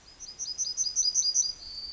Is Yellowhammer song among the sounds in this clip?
yes